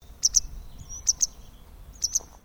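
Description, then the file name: Tit calls: three pairs of sharp, very high notes spaced about a second apart, with thin faint whistles between them over a low background rumble. Triple call. "BIRD TIT CALL TRIPLE"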